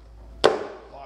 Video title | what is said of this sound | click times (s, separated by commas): Drum Sander - Trials And Tribulations Using Old Plans For A Shop Built Sander | this is the dust hood slips down over here locks in place | 0.4 s